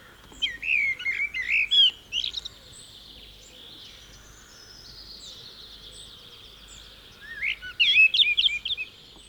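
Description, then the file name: Common blackbird song: two bursts of warbled, twittering phrases with squeaky high flourishes, separated by a pause of about five seconds, over a steady high hiss of background noise. "Common Blackbird (Turdus merula)"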